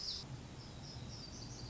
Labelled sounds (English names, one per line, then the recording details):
Black-throated Gray Warbler
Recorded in Sonoma County, California